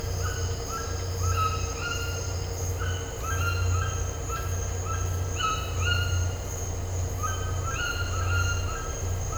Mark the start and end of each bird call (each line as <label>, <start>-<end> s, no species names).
bird call, 0.00-2.33 s
bird call, 2.77-5.08 s
bird call, 5.38-6.50 s
bird call, 7.17-9.10 s